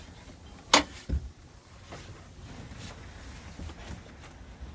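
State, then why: Seated. A cockpit seat on a 2021 Sea Ray 310 SLX OB boat is swung back around to its normal position and engages its locking detent with a loud mechanical clack at 0.7 seconds, followed by a softer thud just after 1.1 seconds. The seat locks into place, and quiet background noise continues afterward.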